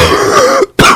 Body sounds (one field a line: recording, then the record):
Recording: coughing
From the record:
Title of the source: Coughing 46